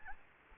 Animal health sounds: mosquito wingbeat signal from an infrared sensor; Aedes albopictus

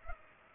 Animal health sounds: mosquito wingbeat signal from an infrared sensor; Culex pipiens

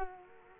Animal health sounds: mosquito wingbeat signal from an infrared sensor; Culex quinquefasciatus

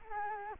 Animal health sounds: mosquito wingbeat signal from an infrared sensor; Culex quinquefasciatus

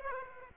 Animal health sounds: mosquito wingbeat signal from an infrared sensor; Aedes aegypti

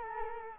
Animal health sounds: mosquito wingbeat signal from an infrared sensor; Culex quinquefasciatus

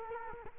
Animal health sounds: mosquito wingbeat signal from an infrared sensor; Culex quinquefasciatus

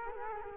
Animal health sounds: mosquito wingbeat signal from an infrared sensor; Culex quinquefasciatus

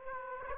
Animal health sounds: mosquito wingbeat signal from an infrared sensor; Aedes aegypti

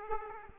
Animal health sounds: mosquito wingbeat signal from an infrared sensor; Aedes aegypti

